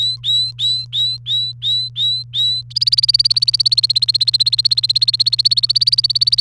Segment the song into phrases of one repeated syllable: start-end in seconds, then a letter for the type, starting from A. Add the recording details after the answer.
0.00-2.61 A, 2.70-6.40 B. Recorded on 28 April 2018 at 13:50. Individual llb3